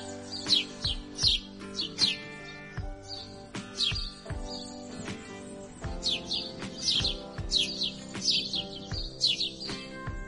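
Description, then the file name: Grey-headed sparrow chirps, quick downward-slurred notes in loose groups, with a droning hum and low clicking beats underneath. "canto do pardal de cabeca cinzenta"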